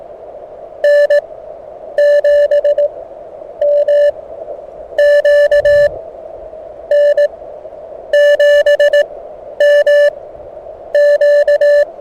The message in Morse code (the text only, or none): N7MQ N7MQ